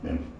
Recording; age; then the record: pig call; growing-finishing pig (85 days or more)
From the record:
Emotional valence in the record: negative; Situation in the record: barren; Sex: female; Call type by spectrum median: low-frequency call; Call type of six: low-frequency stable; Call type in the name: low-frequency stable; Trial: 1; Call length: 0.40 s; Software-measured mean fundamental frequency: 63 Hz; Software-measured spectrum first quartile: 125 Hz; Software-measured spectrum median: 245 Hz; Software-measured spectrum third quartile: 401 Hz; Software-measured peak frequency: 256 Hz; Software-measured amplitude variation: 158 dB a second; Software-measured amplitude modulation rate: 16.3 a second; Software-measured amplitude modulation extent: 9.7 dB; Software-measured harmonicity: 0.5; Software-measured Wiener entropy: -0.04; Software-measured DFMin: 707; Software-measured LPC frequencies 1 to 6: 311, 1625, 2395, 2889, 4435, 5203 Hz